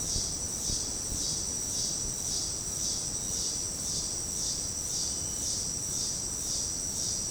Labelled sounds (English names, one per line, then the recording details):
none
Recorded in dense forest near Puerto Asís, Putumayo, Colombia, on 20 February 2024 at 18:00
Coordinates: 0.486, -76.316
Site G6437